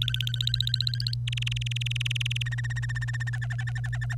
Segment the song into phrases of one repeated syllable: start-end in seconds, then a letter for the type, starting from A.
0.00-1.14 A, 1.27-2.42 B, 2.46-3.30 C, 3.33-4.15 D